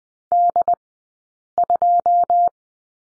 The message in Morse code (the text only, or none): D2